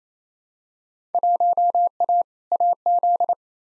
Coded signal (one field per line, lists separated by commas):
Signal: Morse code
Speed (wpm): 27 wpm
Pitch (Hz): 700 Hz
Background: none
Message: 1A AZ